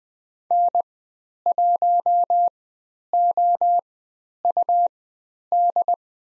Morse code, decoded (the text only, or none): N1OUD